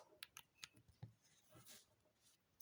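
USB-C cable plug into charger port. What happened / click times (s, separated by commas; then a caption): The cable plug is being handled but has not seated yet / none. A reversible USB-C cable plug is handled near the port on the back of a charger, giving a few faint sharp ticks around 0.2–0.6 s, soft low bumps, and a brief louder snap right at the end. Nothing has seated or clicked into the port yet.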